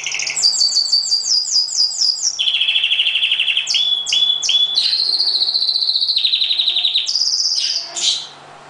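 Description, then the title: Oriental magpie-robin song opening with a fast series of repeated high whistled notes, then buzzy trills at changing pitches and a few sharp falling whistles, over a faint hum. Chirping. "Kicau Kacer"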